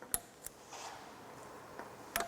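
A click-type torque wrench tightens a nut or bolt during connecting rod and crankshaft reassembly on an engine, stopping at the click so the fastener is not over-tightened. A sharp metallic click at 0.1 s marks the wrench reaching its setting, followed by lighter mechanical taps around 0.5 s and 1.8 s and another strong hit at 2.2 s.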